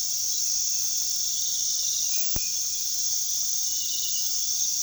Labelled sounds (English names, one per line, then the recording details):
none
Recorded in pastures near Puerto Asís, Putumayo, Colombia, on 21 February 2024 at 02:30
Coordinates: 0.468, -76.328
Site G6414